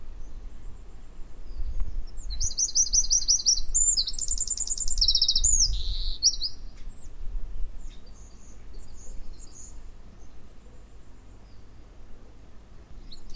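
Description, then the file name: Eurasian wren song, a loud, high, fast burst of rattling trills and sharp notes lasting about four seconds, followed by quiet with low background rumble. "Troglodytes troglodytes"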